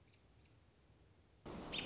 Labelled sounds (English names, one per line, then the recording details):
American Robin
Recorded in Sonoma County, California